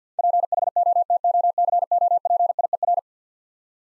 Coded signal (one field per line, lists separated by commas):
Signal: Morse code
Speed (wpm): 51 wpm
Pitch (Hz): 700 Hz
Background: none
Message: PHOTOCOPIER